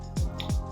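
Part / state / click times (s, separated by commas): print head into printer carriage / seated / 0.4 s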